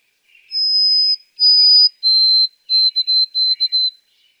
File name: White-throated Sparrow